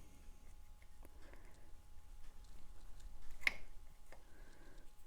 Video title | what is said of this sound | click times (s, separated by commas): The "Click" Test: How to Know Your Gemstone is Secure | didn't click that time but the table is level with the metal | none